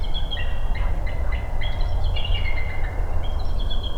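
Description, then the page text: Bald eagle high, squeaky whistled notes in quick overlapping runs, some falling in pitch, against constant low-frequency rumble. Recorded in Maryland. "Bald Eagle by David Weisenbeck via iNaturalist"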